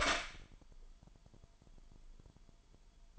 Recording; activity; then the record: daily activity, microphone in the room; open door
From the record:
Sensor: 5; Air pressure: 998.5 hPa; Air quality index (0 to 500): 82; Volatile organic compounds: 1 ppm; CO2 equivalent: 932 ppm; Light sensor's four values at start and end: 33/81/33/37 and 33/81/33/37